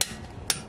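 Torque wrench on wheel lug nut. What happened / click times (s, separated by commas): The torque wrench clicked at its set torque / 0.0 s, 0.5 s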